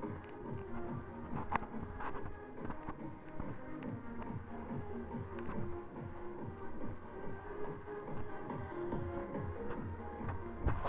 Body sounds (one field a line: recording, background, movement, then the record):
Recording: deep breathing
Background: music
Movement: walking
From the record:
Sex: female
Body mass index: 18.8 kg/m2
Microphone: on the chest, facing the body